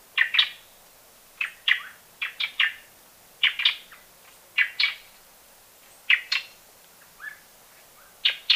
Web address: Natures Songs S America Birds of Ecuador Plain-tailed Wren